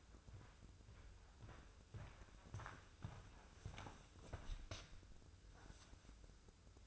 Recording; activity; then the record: daily activity, microphone in the room; walk to room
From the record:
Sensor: 2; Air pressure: 995.6 hPa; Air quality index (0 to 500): 80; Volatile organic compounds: 3 ppm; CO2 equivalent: 1416 ppm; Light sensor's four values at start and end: 24/76/30/29 and 14/45/18/18